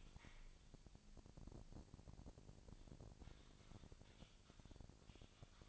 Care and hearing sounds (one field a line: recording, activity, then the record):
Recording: daily activity, microphone in the room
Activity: typing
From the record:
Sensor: 5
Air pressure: 999.3 hPa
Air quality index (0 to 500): 229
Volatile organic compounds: 24 ppm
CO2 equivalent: 2798 ppm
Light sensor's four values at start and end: 33/78/31/30 and 33/78/31/30